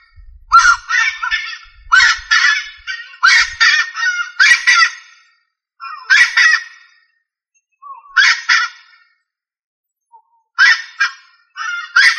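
Rail uttering repeated bursts of harsh, scratchy notes in irregular runs, with faint low thumps early on.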